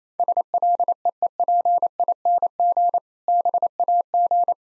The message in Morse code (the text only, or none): SLEEPING BAG